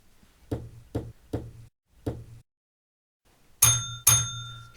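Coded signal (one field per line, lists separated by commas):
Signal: bell signal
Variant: UK Absolute Block bell code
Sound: four dull knocks, a pause, then two clear ringing bell strokes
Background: knocks, small room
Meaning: Train entering section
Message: 2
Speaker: Two bells from Redfield, so our Class 6 freight train is now entering the section.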